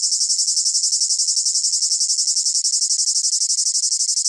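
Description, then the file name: Cicada chirping as a fast, even run of shrill high pulses, loud and unbroken for the whole stretch. Close up; rhythmic chirping in long phrases with a piercing whine. "gain walkers CICADA Close Up Rhythmic Chirping Long Phrases Piercing Whine"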